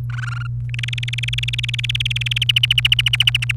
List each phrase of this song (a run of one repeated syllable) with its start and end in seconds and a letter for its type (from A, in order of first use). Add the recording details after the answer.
0.10-0.47 A, 0.69-2.38 B, 2.42-3.51 C. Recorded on 28 April 2018 at 17:29. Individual llb3